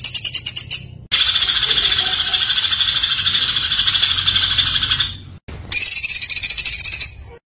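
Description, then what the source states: White-eye singing a very long continuous high trill of about four seconds, framed by shorter pulsed bursts, with a soft low hum behind. Masteran recording of a white-eye singing gacor (continuous singing), full of tembakan bursts.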